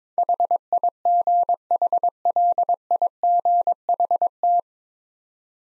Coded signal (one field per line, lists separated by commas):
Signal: Morse code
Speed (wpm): 22 wpm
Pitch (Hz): 700 Hz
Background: none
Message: HIGHLIGHT